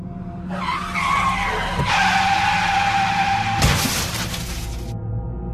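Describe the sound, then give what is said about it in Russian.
A car engine revs hard as tires squeal in a sustained, high-pitched skid while the car is driven at a pursuer, followed by a loud crash as it strikes a body that hits the windshield, and shattering glass near the end. “Взревел он, направляя автомобиль на свою преследовательницу.”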